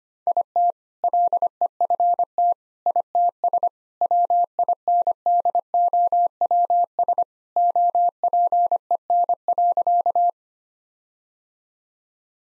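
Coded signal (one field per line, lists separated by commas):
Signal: Morse code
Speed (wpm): 25 wpm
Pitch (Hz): 700 Hz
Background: none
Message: IT LEFT ITS WINDOWS OPEN.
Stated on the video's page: Morse practice set at 25 wpm using jokes for contextual priming.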